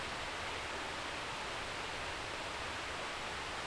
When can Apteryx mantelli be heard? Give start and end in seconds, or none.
none